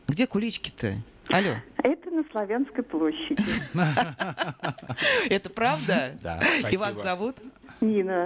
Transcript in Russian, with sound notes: Где кулички-то? Але.
Это на Славянской площади.
(смех) Это правда?
Да. Спасибо.
И вас зовут?..
Нина.